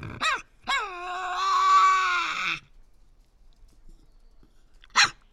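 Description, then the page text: Tasmanian devil screech: a sharp rising yelp, then a two-second harsh harmonic wail, with a short noisy burst near the end. Resident devils discussing who has priority, in an enclosure at the Devils@Cradle conservation facility, Cradle Mountain, Tasmania, on 24 October 2007. "Birdsong for the Curious Naturalist. Tasmanian devil. Inside an enclosure at the world-class conservation facility at Cradle Mountain, Tasmania"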